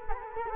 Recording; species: mosquito wingbeat signal from an infrared sensor; Culex quinquefasciatus